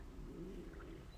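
Low, wavering gurgling rumble about a second long: ordinary stomach growling from an adult woman's stomach, commonly linked to hunger.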